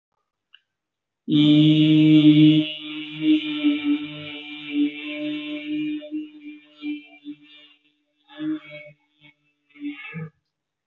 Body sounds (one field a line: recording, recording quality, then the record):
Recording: sustained vowel as in beet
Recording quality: excellent, no background noise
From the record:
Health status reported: healthy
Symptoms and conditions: none ticked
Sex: male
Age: 21 years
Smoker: not ticked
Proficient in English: yes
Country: India